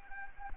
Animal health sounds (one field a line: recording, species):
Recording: mosquito wingbeat signal from an infrared sensor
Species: Anopheles arabiensis